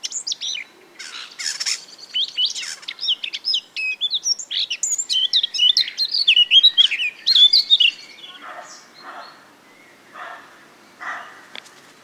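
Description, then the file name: Eurasian blackcap song: a fast, varied warble of chattering and whistled notes lasting about eight seconds, then softer, lower scattered notes. "Sylvia atricapilla"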